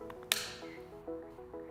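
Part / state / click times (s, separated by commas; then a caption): cleaning attachment closing over a nebulizer aerosol head / seated / 0.3 s. A cleaning attachment (the easy-care) is closed over an eFlow nebulizer aerosol head until it clicks shut, with soft music underneath. A loud, sharp, very short click lands at 0.3 s, and the lid is seated.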